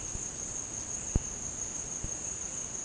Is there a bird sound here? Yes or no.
no